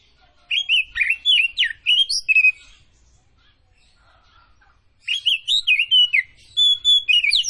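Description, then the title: Oriental magpie-robin song in two energetic bursts of sweet, slurred whistles and chattering notes, separated by a quiet pause of about two seconds. Tretes variety, described as gacor (singing actively). "Kacer Tretes"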